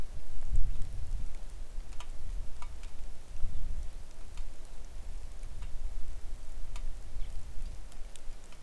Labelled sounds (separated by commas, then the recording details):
rain
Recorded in the Arctic National Wildlife Refuge, Alaska, on 3 August 2019 at 09:31
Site 41